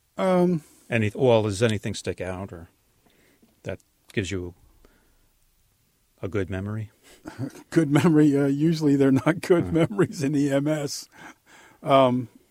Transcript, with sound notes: Um -
Any - well does anything stick out or, that gives you a good memory?
(Laughs) Good memory, uh, usually they're not good memories in EMS. Um.